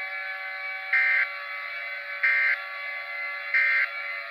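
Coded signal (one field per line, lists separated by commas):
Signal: Emergency Alert System (SAME) tones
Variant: end-of-message bursts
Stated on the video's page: Simulated emergency alert scenario, not a real broadcast.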